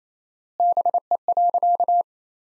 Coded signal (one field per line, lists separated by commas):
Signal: Morse code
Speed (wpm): 27 wpm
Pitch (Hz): 700 Hz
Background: none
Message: BE.